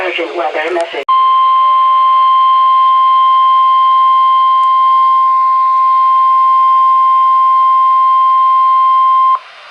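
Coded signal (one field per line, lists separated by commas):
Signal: Emergency Alert System (SAME) tones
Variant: 1050 Hz attention tone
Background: speech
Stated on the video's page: Real alerts: severe thunderstorm warnings and special marine warnings.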